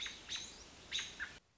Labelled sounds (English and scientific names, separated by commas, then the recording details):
American Robin (Turdus migratorius)
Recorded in Sonoma County, California